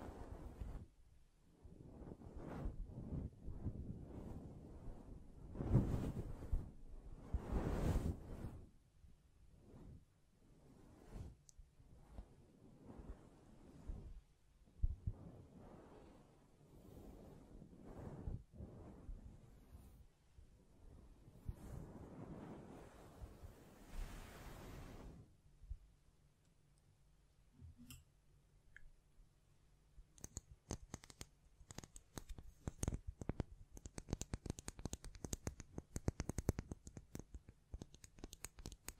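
Hand sounds on a microphone: for the first 25 seconds, heavy rubbing and brushing swells in uneven, rumbling bursts. A short quieter stretch with a low hum follows, then fast, crisp scratching and tapping clicks fill the final ten seconds.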